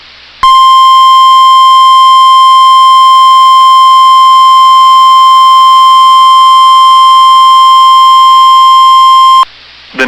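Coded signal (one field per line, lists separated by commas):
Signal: Emergency Alert System (SAME) tones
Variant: 1050 Hz attention tone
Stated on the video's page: Severe Thunderstorm Warning EAS alerts broadcast on NOAA Weather Radio station WXM99.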